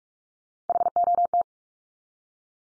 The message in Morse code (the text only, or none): HOT